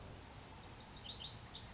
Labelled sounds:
Lazuli Bunting (Passerina amoena)
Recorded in Sonoma County, California

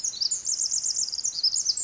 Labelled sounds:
Pacific Wren (Troglodytes pacificus)
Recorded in Sonoma County, California

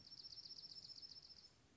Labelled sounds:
Dark-eyed Junco (Junco hyemalis)
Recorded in Sonoma County, California

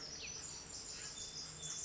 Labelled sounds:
Pacific Wren (Troglodytes pacificus)
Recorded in Sonoma County, California

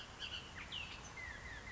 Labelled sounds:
Bullock's Oriole (Icterus bullockii)
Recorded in Sonoma County, California

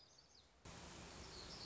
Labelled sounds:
Black-throated Gray Warbler (Setophaga nigrescens)
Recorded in Sonoma County, California

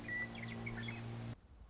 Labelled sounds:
Western Meadowlark (Sturnella neglecta)
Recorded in Sonoma County, California

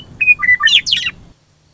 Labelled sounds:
Western Meadowlark (Sturnella neglecta)
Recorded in Sonoma County, California

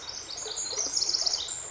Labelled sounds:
Pacific Wren (Troglodytes pacificus)
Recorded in Sonoma County, California

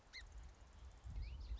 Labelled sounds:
Song Sparrow (Melospiza melodia)
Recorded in Sonoma County, California

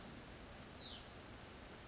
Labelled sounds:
Hutton's Vireo (Vireo huttoni)
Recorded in Sonoma County, California

